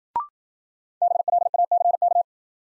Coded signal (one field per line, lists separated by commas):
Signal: Morse code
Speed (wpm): 54 wpm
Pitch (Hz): 700 Hz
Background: none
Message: BLACK